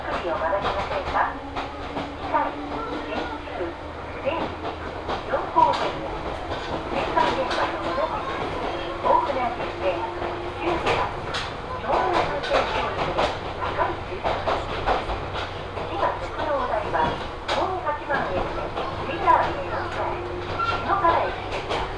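A ride aboard an Ohmi Railway train on the Minakuchi–Gamōno line toward Kibukawa. A steady low rumble and hum run throughout, with a faint tone rising and falling. Frequent clicks and rattles from the car are mixed with murmuring voices.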